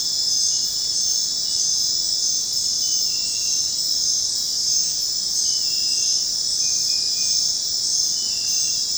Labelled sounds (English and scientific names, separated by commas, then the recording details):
none
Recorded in dense forest near Puerto Asís, Putumayo, Colombia, on 23 June 2025 at 21:30
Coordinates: 0.499, -76.324
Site G100